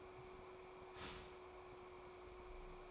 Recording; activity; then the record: daily activity, microphone in the room; start toaster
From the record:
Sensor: 1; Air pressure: 1004.2 hPa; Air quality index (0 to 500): 202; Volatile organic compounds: 19 ppm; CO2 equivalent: 2671 ppm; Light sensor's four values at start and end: 5/13/4/5 and 5/13/4/5